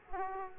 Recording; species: mosquito wingbeat signal from an infrared sensor; Aedes aegypti